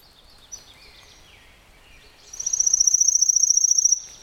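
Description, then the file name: Pale-legged leaf warbler delivering a fast, buzzy, very high trill in the second half, after a stretch of faint, thin, descending notes. "warbler-pale-legged-leaf a-Phylloscopus-tenellipes"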